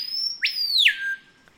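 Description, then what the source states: Screaming Piha whistle: a loud, piercing whistle that sweeps sharply upward, holds high, then drops steeply to a lower sustained tone, with overtones ringing above. Wide-ranging whistles, given as an example of tropical rainforest sound diversity.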